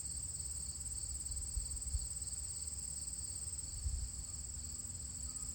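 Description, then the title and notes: Crickets trill continuously in a high, even shimmer, with low rumbling background noise and a few soft thumps. Recorded at the edge of a field on August 31, 2023, the last day of August. "E.B. White’s crickets"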